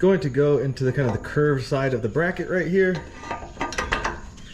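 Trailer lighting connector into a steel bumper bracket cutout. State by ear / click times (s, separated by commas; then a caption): not seated / none. Someone talks for the first three seconds while a round trailer lighting connector is pushed into the curved cutout of a powder-coated sheet metal bracket on a rear bumper for a Tacoma. Short pushing and scraping knocks follow around 3.6 to 4.1 seconds. The connector's plastic clips have not snapped in because the cutout is too tight and the connector binds, probably from the thickness of the powder coating.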